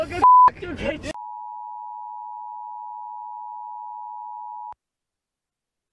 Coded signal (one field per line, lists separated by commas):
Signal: Emergency Alert System (SAME) tones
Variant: 853 and 960 Hz attention tone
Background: speech